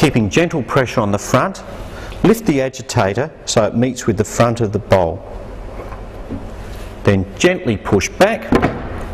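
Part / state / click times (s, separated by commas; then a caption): agitator into the machine bowl / not seated / none. A man talks while the agitator of a slush/ice machine is lifted, with gentle pressure on the front, to meet the front of the bowl and then gently pushed back toward place. The clip ends before it goes home, so nothing has seated or clicked yet.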